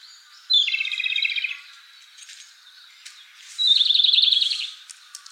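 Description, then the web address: Japanese robin singing two fast, even trilled phrases about three seconds apart, each a high rattling burst near one second long, with faint clicks between. "birdenaga komadori"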